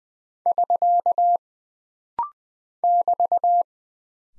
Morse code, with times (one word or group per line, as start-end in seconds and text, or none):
0.5-1.4 <SK>
2.8-3.6 <BT>